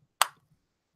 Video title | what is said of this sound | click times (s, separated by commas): Voltron Classic '84 Unboxing and Review | yeah did you hear that snap that | 0.2 s